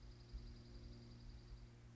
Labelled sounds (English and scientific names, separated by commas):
Dark-eyed Junco (Junco hyemalis)